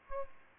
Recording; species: mosquito wingbeat signal from an infrared sensor; Aedes aegypti